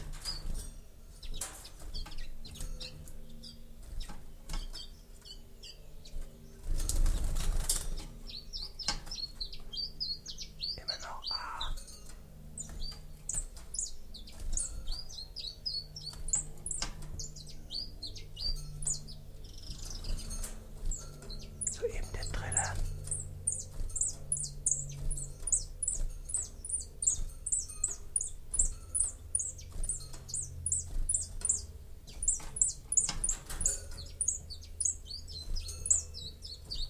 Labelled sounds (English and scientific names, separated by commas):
Common Chiffchaff (Phylloscopus collybita)